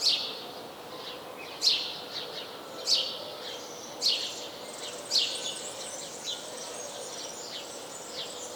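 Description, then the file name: House sparrow chirping repeatedly, strong sharp notes at first, then softer, busier chirping toward the end over constant background noise. "Passer domesticus"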